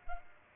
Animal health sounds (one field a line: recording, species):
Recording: mosquito wingbeat signal from an infrared sensor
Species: Culex pipiens